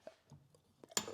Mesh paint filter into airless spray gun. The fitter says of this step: So what I'll do is push this on and you'll feel like a little click.